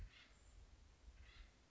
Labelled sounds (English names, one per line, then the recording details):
Acorn Woodpecker
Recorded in Sonoma County, California